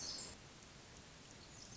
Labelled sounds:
Pacific Wren
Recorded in Sonoma County, California

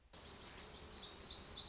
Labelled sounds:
Black-throated Gray Warbler
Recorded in Sonoma County, California

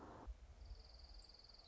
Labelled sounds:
Orange-crowned Warbler
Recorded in Sonoma County, California

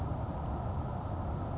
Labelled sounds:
Grasshopper Sparrow
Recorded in Sonoma County, California

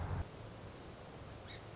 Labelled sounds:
Song Sparrow
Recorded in Sonoma County, California

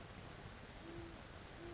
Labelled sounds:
Great Horned Owl
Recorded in Sonoma County, California

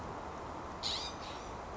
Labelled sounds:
California Scrub-Jay
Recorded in Sonoma County, California

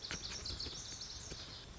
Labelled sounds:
Lazuli Bunting
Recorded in Sonoma County, California

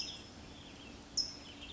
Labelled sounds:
Western Tanager
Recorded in Sonoma County, California

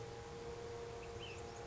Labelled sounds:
Ash-throated Flycatcher
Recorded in Sonoma County, California

